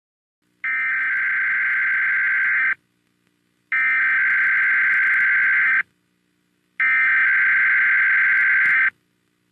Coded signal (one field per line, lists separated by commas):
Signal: Emergency Alert System (SAME) tones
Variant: header bursts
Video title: EAS MOCK 2 SHELTER IN PLACE WARNING BLUE ALERT FOR TEXAS